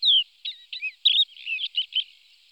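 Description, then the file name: Crested lark song opening with a clear descending whistle, followed by short jumbled chirps and warbled notes in quick succession. "cappellaccia"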